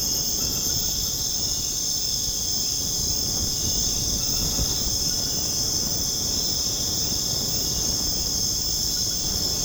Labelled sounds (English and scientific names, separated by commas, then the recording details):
none
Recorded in dense forest near Puerto Asís, Putumayo, Colombia, on 25 June 2025 at 22:00
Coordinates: 0.486, -76.317
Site G065